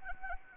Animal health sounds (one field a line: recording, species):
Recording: mosquito wingbeat signal from an infrared sensor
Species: Anopheles arabiensis